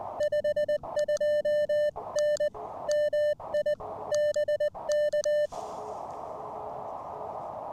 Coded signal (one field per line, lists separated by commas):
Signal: Morse code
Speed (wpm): 20 wpm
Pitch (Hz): 600 Hz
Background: music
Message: 52N MI BK